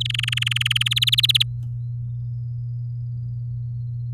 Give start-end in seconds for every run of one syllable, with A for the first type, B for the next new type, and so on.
0.00-0.94 A, 0.96-1.43 B